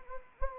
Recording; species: mosquito wingbeat signal from an infrared sensor; Anopheles arabiensis